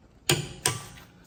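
A click-type torque wrench set to 129 ft-lb tightens a wheel lug nut on a Tesla Model 3 fitted with Enkei PX-10 wheels and Continental DWS06 Plus tires. A loud, sharp click rings out at 0.3 s, followed by a second sharp hit at 0.7 s, each decaying quickly into quiet. The wrench clicks at its setting, confirming the lug nut is torqued.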